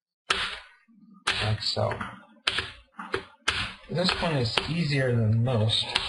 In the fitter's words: start lifting up the screen buzz open and you'll hear snapping cells so